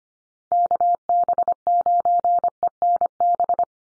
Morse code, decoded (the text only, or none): KB9ENB